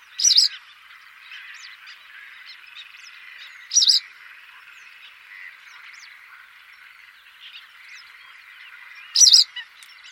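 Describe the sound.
Bird giving three loud, sharp, harsh calls spaced several seconds apart, over a background of softer chirps and twitters from other birds.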